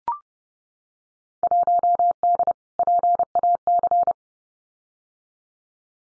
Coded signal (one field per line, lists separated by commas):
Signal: Morse code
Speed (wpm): 30 wpm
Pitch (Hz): 700 Hz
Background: none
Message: 1D PAC